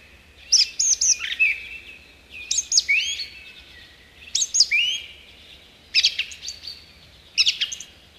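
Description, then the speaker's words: Song thrush singing clear whistled phrases with sharp notes and sweeping slurs, five short bursts separated by pauses of about a second, over a low background hum. A listener's request; often mistaken for a thrush nightingale. "Jep, nyt kiipeää tuonne radiomaaston ylimpään haarukkaan laulurasta. ja kajauttaa koko Suomeen meidän kaikkien iloksi."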